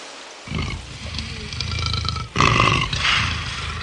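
animal, lion roaring

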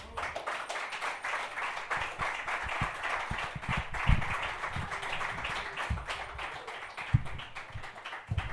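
crowd, audience applause

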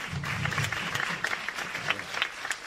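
crowd, audience applause

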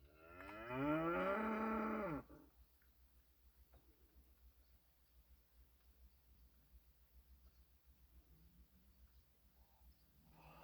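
animal, cows mooing

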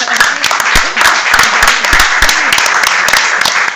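crowd, applause

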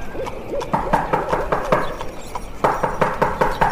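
impact, knocking on a door

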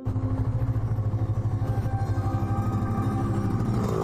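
vehicle, motorcycle engine riding

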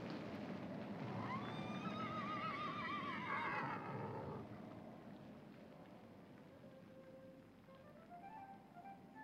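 animal, horses neighing

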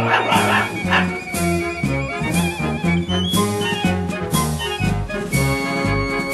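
animal, dog barking

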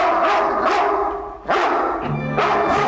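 animal, german shepherd dog barking

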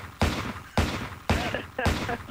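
sound effect, repeated gunshots

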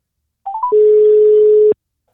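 signal or alarm, telephone ringing tone

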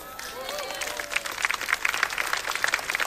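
crowd, audience applause

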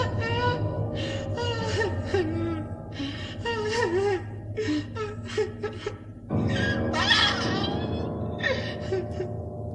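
human body sound, crying

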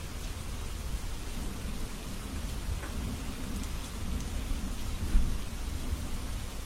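nature, heavy rain with thunder

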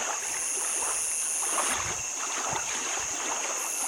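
nature, water splashing

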